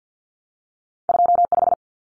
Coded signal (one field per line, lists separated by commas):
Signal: Morse code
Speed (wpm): 50 wpm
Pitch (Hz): 700 Hz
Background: none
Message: 25